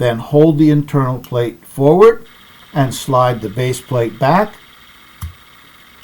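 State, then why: Seated. Someone talks while the internal plate of a Canik pistol magazine is held forward and the base plate is slid back along its tracks on the magazine body. At 5.2 s a small, sharp click is heard as the base plate snaps into place, seated on the magazine body.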